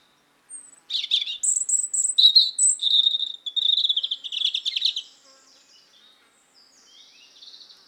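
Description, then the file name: European robin song, a rapid jumble of high tinkling notes and buzzy trills lasting about four seconds, then fading to soft high twittering. "Erithacus rubecula"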